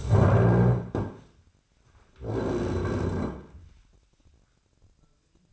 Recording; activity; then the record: daily activity, microphone in the room; stand up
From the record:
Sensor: 2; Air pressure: 1009.1 hPa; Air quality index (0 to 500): 168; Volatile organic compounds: 2 ppm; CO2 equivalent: 1232 ppm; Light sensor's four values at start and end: 35/93/39/42 and 37/98/41/44